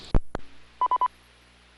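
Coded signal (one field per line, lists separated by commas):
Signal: none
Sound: repeater courtesy beep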